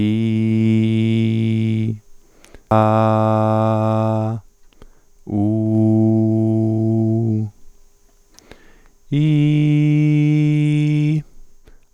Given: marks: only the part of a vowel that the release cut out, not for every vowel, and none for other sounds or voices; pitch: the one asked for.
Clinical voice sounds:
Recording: sustained vowels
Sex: male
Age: 30 to 39 years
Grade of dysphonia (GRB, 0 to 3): 0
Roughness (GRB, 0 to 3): 0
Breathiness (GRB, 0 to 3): 0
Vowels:
0.00-1.81 s: vowel /i/, normal pitch
2.74-4.28 s: vowel /a/, normal pitch
5.45-7.21 s: vowel /u/, normal pitch
9.17-11.09 s: vowel /i/, high pitch
From the record:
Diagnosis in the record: functional dysphonia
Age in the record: 36 years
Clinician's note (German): Multifaktoriell, mit cervicogener Komponente

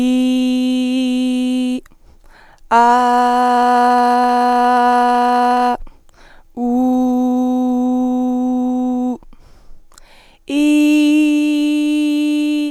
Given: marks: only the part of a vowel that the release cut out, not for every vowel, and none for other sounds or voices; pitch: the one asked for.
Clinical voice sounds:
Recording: sustained vowels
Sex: female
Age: 20 to 29 years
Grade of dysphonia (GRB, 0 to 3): 0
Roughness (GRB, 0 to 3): 0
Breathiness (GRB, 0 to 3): 0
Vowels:
0.00-1.65 s: vowel /i/, normal pitch
2.96-4.20 s: vowel /a/, normal pitch
6.79-8.92 s: vowel /u/, normal pitch
10.71-12.56 s: vowel /i/, high pitch
From the record:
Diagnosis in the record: healthy voice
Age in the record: 22 years

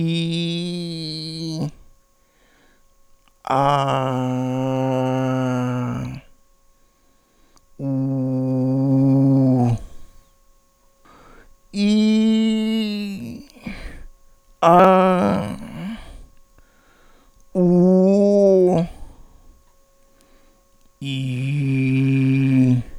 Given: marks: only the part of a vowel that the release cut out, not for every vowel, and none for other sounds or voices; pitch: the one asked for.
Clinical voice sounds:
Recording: sustained vowels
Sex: male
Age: 60 to 69 years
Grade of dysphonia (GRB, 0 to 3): 3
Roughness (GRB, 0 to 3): 1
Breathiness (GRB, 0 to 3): 0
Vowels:
0.00-1.53 s: vowel /i/, normal pitch
3.65-5.66 s: vowel /a/, normal pitch
7.91-9.58 s: vowel /u/, normal pitch
11.82-12.90 s: vowel /i/, high pitch
17.62-18.68 s: vowel /u/, high pitch
21.14-22.66 s: vowel /i/, low pitch
From the record:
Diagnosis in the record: central laryngeal movement disorder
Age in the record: 67 years

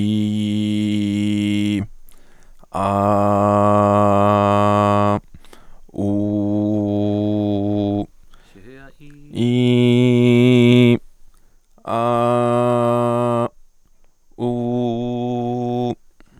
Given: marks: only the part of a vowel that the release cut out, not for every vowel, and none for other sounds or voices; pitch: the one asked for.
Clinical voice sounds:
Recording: sustained vowels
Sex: male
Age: 20 to 29 years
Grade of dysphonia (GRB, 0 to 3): 0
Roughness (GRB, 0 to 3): 0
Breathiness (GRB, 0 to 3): 0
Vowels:
0.00-1.74 s: vowel /i/, normal pitch
3.03-5.03 s: vowel /a/, normal pitch
6.09-7.92 s: vowel /u/, normal pitch
9.49-10.72 s: vowel /i/, high pitch
11.99-13.40 s: vowel /a/, high pitch
14.48-15.85 s: vowel /u/, high pitch
From the record:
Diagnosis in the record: healthy voice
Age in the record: 22 years

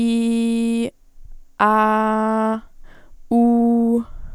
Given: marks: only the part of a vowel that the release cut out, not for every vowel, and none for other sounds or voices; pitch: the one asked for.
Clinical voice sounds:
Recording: sustained vowels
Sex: female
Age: 18 to 19 years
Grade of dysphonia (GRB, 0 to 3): 0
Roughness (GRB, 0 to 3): 0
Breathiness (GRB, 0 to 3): 0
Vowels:
0.00-0.81 s: vowel /i/, normal pitch
1.65-2.50 s: vowel /a/, normal pitch
3.36-3.95 s: vowel /u/, normal pitch
From the record:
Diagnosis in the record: healthy voice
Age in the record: 19 years

